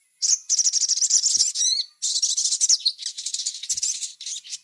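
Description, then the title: Little spiderhunter song, a nearly unbroken stream of fast, piercing chatter in two long phrases with a brief break. Masteran (training recording). "Masteran Burung Sogok Ontong Labaik"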